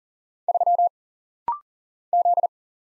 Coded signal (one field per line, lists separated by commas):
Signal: Morse code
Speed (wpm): 40 wpm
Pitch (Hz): 700 Hz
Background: none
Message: 3 Z